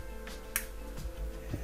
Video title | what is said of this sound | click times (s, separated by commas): FineMolds Porco Rosso 1/72 Savoia S21F Part 6 - Completion | there we go, it pops down. | 0.6 s